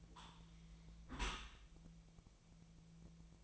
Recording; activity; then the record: daily activity, microphone in the room; close dishwasher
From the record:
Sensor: 1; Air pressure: 1000.5 hPa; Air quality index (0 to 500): 182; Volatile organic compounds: 4 ppm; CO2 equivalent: 1677 ppm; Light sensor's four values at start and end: 12/30/12/14 and 12/30/12/14